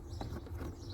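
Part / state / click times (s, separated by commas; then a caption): cabin filter cover into the housing behind the glove box / not seated / none. A plastic cabin (pollen) filter access cover on a Ford Ranger is handled at the housing behind the glove box, with soft brief knocks near 0.2 s and 0.9 s over a steady low rumble. Nothing has seated or clicked yet.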